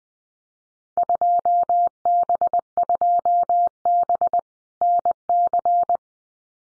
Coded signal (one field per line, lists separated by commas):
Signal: Morse code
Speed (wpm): 19 wpm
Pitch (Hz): 700 Hz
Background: none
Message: 2B2B NC